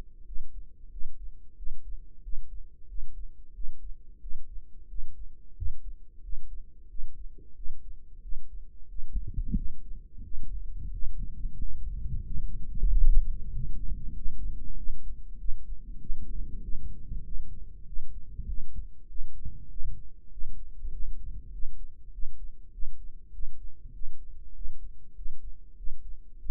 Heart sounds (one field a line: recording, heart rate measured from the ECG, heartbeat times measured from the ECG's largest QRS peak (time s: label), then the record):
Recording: heart sounds by microphone in the right ear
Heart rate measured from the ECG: 94 bpm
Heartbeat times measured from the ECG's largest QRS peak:
0.27 s: heartbeat
0.92 s: heartbeat
1.58 s: heartbeat
2.24 s: heartbeat
2.89 s: heartbeat
3.55 s: heartbeat
4.22 s: heartbeat
4.90 s: heartbeat
5.57 s: heartbeat
6.24 s: heartbeat
6.90 s: heartbeat
7.57 s: heartbeat
8.23 s: heartbeat
8.90 s: heartbeat
9.57 s: heartbeat
10.25 s: heartbeat
10.93 s: heartbeat
11.60 s: heartbeat
12.26 s: heartbeat
12.91 s: heartbeat
13.54 s: heartbeat
14.16 s: heartbeat
14.78 s: heartbeat
15.40 s: heartbeat
16.01 s: heartbeat
16.63 s: heartbeat
17.26 s: heartbeat
17.87 s: heartbeat
18.49 s: heartbeat
19.10 s: heartbeat
19.71 s: heartbeat
20.32 s: heartbeat
20.93 s: heartbeat
21.53 s: heartbeat
22.13 s: heartbeat
22.73 s: heartbeat
23.34 s: heartbeat
23.95 s: heartbeat
24.56 s: heartbeat
25.17 s: heartbeat
25.78 s: heartbeat
26.40 s: heartbeat
From the record:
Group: healthy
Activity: rest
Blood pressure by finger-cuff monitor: 134/71 mmHg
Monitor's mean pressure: 89 mmHg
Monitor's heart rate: 95 bpm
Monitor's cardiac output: 7.9 L/min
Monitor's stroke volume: 85 mL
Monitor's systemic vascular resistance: 820 dyn s/cm5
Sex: male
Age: 21 years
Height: 175 cm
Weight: 72.6 kg